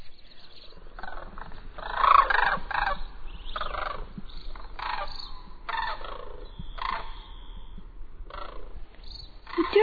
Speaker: My favorite sound, though, happens in the fall. The migrating sandhill cranes.